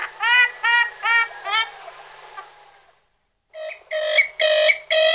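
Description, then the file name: Western swamphen calls: four loud, nasal honks, a short silence, then another burst of harsher honking notes. "slípka-modrá"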